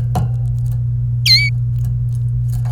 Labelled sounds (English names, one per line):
Domestic Canary song